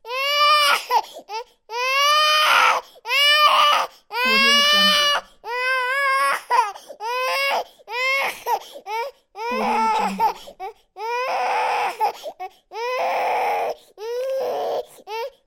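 About a dozen loud, tonal infant cry bursts, roughly 42 a minute, each about a second long with short gasping pauses between them. The pitch is high and rises and falls within each wail. Ordinary baby crying, a sound effect.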